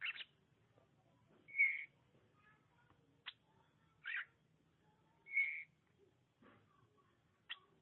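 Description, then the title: Oriental magpie-robin song alternating sharp sweeping notes with steady whistled phrases, separated by short pauses. "Suara Kicauan Burung Kacer"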